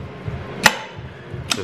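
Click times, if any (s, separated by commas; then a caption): 0.7 s, 1.5 s. A synchro sleeve on a removed manual transmission gear set is shifted by hand into first and second gear on the gear shaft. Two sharp metallic clicks ring out at 0.7 s and 1.5 s. Both times the sleeve seats into gear, unlike third, which it won't click into because the synchro is badly ground down.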